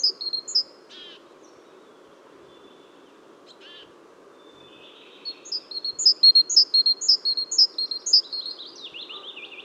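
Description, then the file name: Great tit singing a high, repeated two-note phrase, bright sharp notes alternating with lower ones about twice per second, after a few scattered chirps and a quiet gap. "Parus major"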